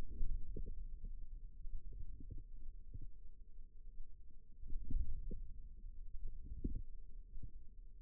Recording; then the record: forearm muscle sounds (acoustic myography)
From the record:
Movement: wrist flexion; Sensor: system 2, bracelet of six BSWA MPA416 microphones around the upper forearm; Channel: 4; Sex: female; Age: 22 years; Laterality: right